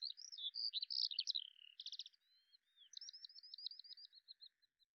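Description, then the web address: Bird singing a fast, varied, high-pitched phrase of chirps and trills, ending in a rapid repeated series of sharp notes that fade out; otherwise quiet. "Deverinetal 2025 File cleaned normalized Bird Al Ar"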